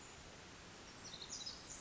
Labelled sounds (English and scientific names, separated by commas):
Pacific Wren (Troglodytes pacificus)